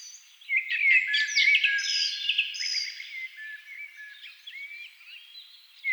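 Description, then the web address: Thrush song: a dense stretch of rich warbling and clear whistled notes that tails off into softer twittering. Thrushes at dusk. "agykontroll CD 3-A természet hangjai Rigók szürkületkor"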